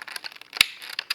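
A second plastic comb honey insert is set bottom first into a beehive frame and popped into place, seating with a sharp, loud snap at 0.6 s. Light clicks and rustles of handling come before and after, with smaller taps near 1.0 and 1.1 s, and the insert ends up seated in the frame.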